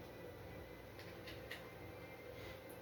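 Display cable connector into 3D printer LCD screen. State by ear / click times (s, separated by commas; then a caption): not seated / none. The display ribbon cable connector of a Creality Ender 3 V3 SE 3D printer is pushed into the socket on the back of the printer's LCD screen, with steady low background noise and one brief faint tap at 1.5 s. Nothing has clicked or seated audibly yet, so it feels unplugged even though the connector seems to be connected.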